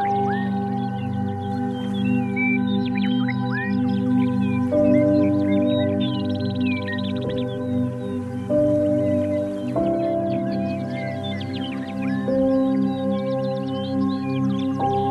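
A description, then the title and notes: Layered sustained tones at 852, 396, 432 and 528 Hz hum steadily and evenly throughout, with the upper pitches stepping to new notes every few seconds. Soft chirping, bird-like calls flit lightly above the drone, and the overall loudness stays constant. Third Eye Chakra, Frequency 852 Hz - 396 Hz + 432 Hz + 528 Hz.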